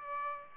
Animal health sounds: mosquito wingbeat signal from an infrared sensor; Aedes aegypti

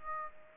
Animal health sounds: mosquito wingbeat signal from an infrared sensor; Aedes aegypti

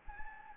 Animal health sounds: mosquito wingbeat signal from an infrared sensor; Anopheles gambiae

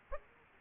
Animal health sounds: mosquito wingbeat signal from an infrared sensor; Aedes aegypti

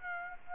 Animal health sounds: mosquito wingbeat signal from an infrared sensor; Aedes aegypti

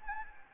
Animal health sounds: mosquito wingbeat signal from an infrared sensor; Anopheles arabiensis

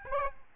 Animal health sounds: mosquito wingbeat signal from an infrared sensor; Aedes albopictus

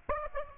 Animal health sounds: mosquito wingbeat signal from an infrared sensor; Aedes aegypti

